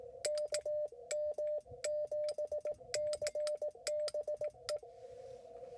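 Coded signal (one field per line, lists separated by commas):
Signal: Morse code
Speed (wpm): 17 wpm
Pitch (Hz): 600 Hz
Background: radio noise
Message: KM7CBE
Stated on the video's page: Portable Parks on the Air activation, roughly ten contacts made in about 45 minutes.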